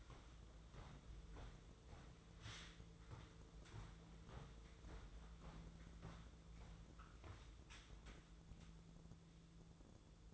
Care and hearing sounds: daily activity, microphone in the room; walk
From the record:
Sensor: 3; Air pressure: 1005.5 hPa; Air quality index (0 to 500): 96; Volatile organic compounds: 3 ppm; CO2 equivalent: 1502 ppm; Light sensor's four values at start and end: 10/24/10/9 and 10/24/10/9

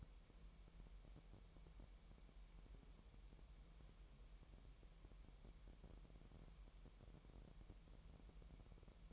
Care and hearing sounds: daily activity, microphone in the room; wipe stove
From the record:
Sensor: 1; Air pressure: 1000.9 hPa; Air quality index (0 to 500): 248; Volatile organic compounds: 148 ppm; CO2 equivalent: 4011 ppm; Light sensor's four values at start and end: 12/28/11/12 and 12/28/11/12

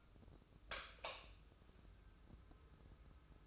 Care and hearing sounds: daily activity, microphone in the room; light off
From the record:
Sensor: 2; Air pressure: 995.2 hPa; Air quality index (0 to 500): 71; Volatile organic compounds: 2 ppm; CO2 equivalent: 1244 ppm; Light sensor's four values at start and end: 12/36/14/14 and 8/18/7/8

